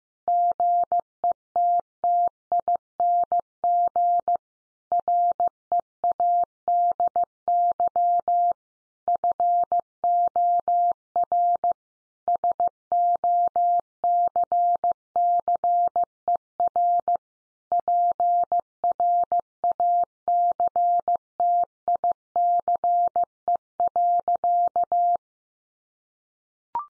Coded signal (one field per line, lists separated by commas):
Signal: Morse code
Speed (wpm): 15 wpm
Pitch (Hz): 700 Hz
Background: none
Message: GETTING READY FOR SOCCER PRACTICE.